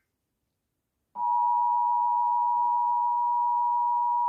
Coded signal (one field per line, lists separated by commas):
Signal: Emergency Alert System (SAME) tones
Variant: 853 and 960 Hz attention tone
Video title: possessed emergency alert system